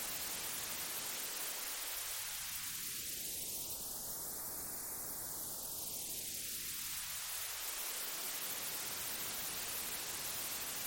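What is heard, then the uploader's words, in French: White noise run through a phaser: a constant hiss at even loudness throughout. A single hollow notch sweeps slowly upward from deep low to high around the fifth second, then glides back down by about eight seconds, giving a smooth whooshing rise and fall. Méditation en bruit blanc phaser.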